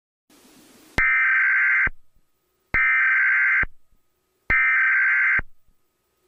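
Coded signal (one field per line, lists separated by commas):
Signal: Emergency Alert System (SAME) tones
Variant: header bursts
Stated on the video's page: Fictional blizzard EAS scenario made with KineMaster and a narrator voice app.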